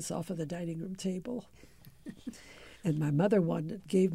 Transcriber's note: chuckles